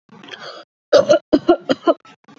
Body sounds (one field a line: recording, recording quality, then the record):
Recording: heavy voluntary cough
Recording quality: excellent, no background noise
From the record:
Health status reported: COVID-19 positive, mild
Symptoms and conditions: cold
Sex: female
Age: 23 years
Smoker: not ticked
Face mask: not worn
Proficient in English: no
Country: India